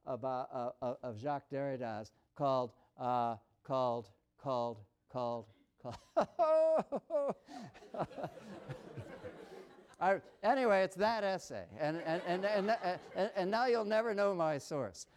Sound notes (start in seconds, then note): 5.9 laughter; 13.7 laughter